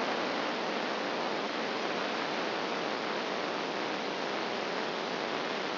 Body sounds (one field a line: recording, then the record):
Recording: brain microelectrode recording played as sound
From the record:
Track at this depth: outside the subthalamic nucleus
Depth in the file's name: 4.622 mm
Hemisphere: left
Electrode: 2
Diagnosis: Parkinson's disease